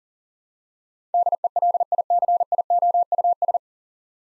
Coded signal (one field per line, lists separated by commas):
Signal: Morse code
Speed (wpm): 40 wpm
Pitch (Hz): 700 Hz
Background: none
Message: DELICIOUS